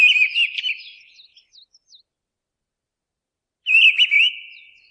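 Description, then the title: Mistle thrush singing a loud fluty, slightly wavering phrase that trails into thin high notes, then silence before the next phrase. "BURUNgLainna. Mistle Thrush (Turdus viscivorus)"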